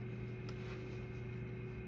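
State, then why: Not seated. An unlocked single-use Mounjaro 7.5 mg auto-injector pen is handled against the abdomen, with a steady low hum and a brief faint tick near 0.5 seconds. Nothing has clicked or activated yet.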